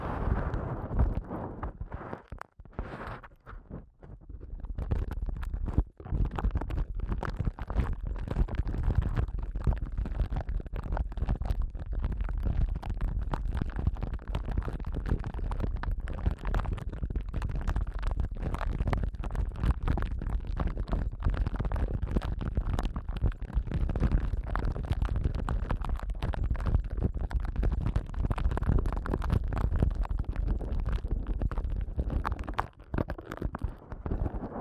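Sensitive eardrum massage sounds: dense, rapid rubbing and crackling that runs almost without pause, heavy in the low end with a muffled, thumping quality. A brief lull comes around three seconds in, then the scratchy friction continues steadily to the end.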